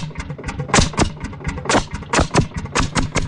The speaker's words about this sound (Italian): Beh, insomma, questo è decisamente meno ascoltabile, è un Landini a testa calda. Pensate voi, un trattore sotto il quale bisognava accendere un fuoco, altrimenti non partiva.